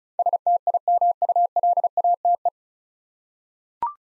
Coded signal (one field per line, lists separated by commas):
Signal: Morse code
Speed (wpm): 36 wpm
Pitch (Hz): 700 Hz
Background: none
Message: STIMULATE